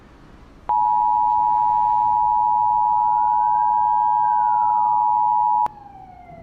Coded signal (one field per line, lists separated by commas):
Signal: Emergency Alert System (SAME) tones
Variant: 853 and 960 Hz attention tone